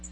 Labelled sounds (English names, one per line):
Magnolia Warbler flight call